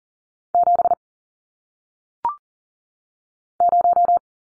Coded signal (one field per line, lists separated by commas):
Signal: Morse code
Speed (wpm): 40 wpm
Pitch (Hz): 700 Hz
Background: none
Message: 7 0